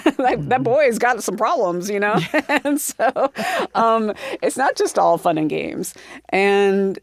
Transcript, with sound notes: That boy's got some problems, you know? (Laughter) And so it's not just all fun and games.